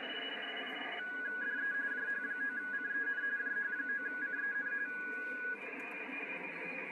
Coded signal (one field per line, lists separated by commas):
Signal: RTTY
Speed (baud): 45.45 baud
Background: radio noise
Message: DE JH9CEN JH9CEN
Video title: 2021 CQ WW DX CONTEST, RTTY Operation - HL2WA (SEP25, 2021)